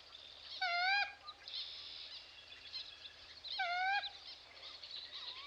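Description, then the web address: Common Moorhen gives two loud, squawking calls with a wavering, nasal tone, about three seconds apart, with softer calls and a light background hiss between. Eastern North America. "Dan Gibson Wildlife Identification By Sound, Eastern North America Pt 1 Common Moorhen"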